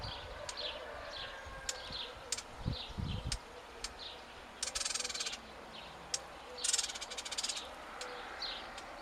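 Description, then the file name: Eurasian blackcap giving hard, dry tac clicks at irregular intervals, with harsh chattering bursts midway and near the end. "Sylvia atricapilla"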